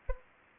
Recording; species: mosquito wingbeat signal from an infrared sensor; Anopheles arabiensis